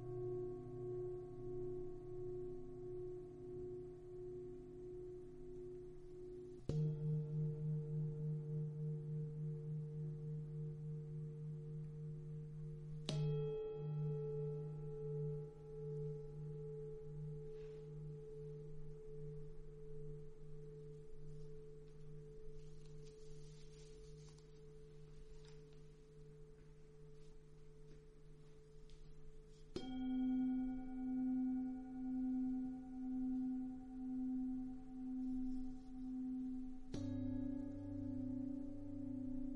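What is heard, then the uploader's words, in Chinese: Chakra singing bowls are struck about every six to seven seconds, each low ringing tone sustaining and pulsing slowly as pitches shift between strikes. 七脈輪頌缽療癒。純音樂。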